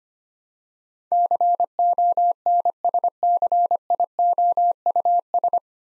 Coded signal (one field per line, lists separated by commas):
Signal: Morse code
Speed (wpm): 25 wpm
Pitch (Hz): 700 Hz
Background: none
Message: CONSCIOUS